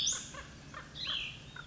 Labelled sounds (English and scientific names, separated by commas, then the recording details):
Cassin's Vireo (Vireo cassinii)
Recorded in Sonoma County, California